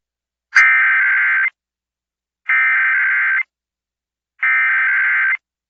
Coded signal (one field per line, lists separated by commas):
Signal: Emergency Alert System (SAME) tones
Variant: header bursts